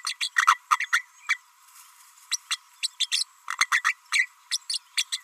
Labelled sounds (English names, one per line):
Green-rumped Parrotlet babbling